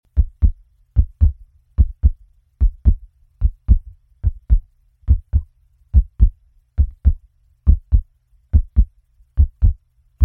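Steady lub-dub heartbeat at medium speed, about 72 beats a minute, slowing a little; a sound effect.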